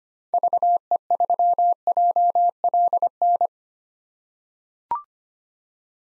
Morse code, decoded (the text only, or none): VE3JLN